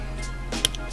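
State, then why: Seated. A plastic harness connector on a JB4-tuned BMW F-series N55 engine is matched to its notch, flipped to the right orientation and pushed onto the MAP sensor over background music. A sharp click at 0.6 s, followed by a fainter tick at 0.8 s, shows the connector is fully seated.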